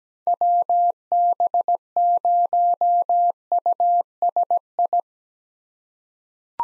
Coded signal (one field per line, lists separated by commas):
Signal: Morse code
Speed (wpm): 17 wpm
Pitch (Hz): 700 Hz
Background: none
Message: WB0USI